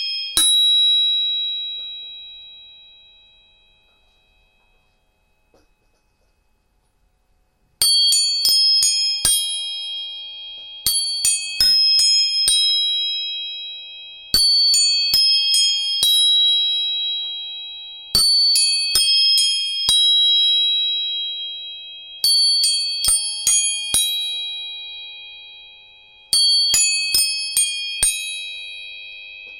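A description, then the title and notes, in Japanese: Tuning forks are struck, each hit leaving a bright, pure tone that rings and slowly fades. After one strike and a long decay into near silence, clusters of quick taps return about every three to four seconds, layering high ringing tones over a fainter lower one. 音叉チューニング。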